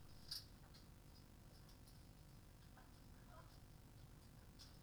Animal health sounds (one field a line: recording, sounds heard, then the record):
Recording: poultry house recording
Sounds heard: sick chickens (respiratory disease)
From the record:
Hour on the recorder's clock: 1